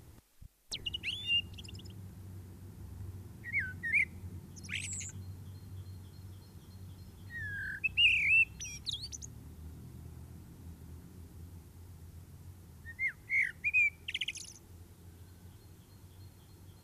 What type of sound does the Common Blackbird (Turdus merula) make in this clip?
song